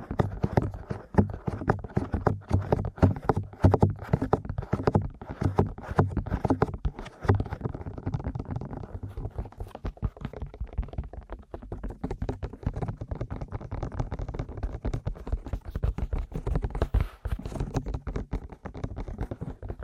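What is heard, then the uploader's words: Aggressive ear massage and tapping: a dense, restless run of quick taps and rubbing strokes that barely pause over the twenty seconds. The sound sits mostly low and thick, with brighter clicky edges, heavier and more clustered in the first half, then lighter and more even. Aggressive Ear Massage & Tapping.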